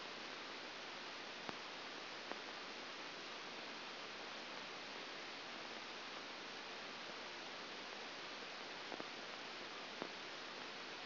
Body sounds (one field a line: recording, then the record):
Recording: brain microelectrode recording played as sound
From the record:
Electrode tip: outside the subthalamic nucleus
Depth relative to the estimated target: -4 mm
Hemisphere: right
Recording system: AlphaMap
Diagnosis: Parkinson's disease